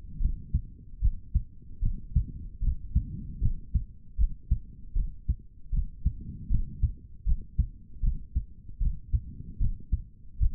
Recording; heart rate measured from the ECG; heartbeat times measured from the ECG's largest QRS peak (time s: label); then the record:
heart sounds by stethoscope; 76 bpm
0.18 s: heartbeat
1.00 s: heartbeat
1.80 s: heartbeat
2.60 s: heartbeat
3.40 s: heartbeat
4.17 s: heartbeat
4.94 s: heartbeat
5.71 s: heartbeat
6.49 s: heartbeat
7.25 s: heartbeat
8.01 s: heartbeat
8.79 s: heartbeat
9.59 s: heartbeat
10.39 s: heartbeat
From the record:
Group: healthy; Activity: rest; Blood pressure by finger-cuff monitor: 139/87 mmHg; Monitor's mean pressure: 107 mmHg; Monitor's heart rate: 77 bpm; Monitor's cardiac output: 4.2 L/min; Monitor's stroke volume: 56 mL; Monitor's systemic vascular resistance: 1880 dyn s/cm5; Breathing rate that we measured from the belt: 20 breaths a minute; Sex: male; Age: 55 years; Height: 167 cm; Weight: 57.2 kg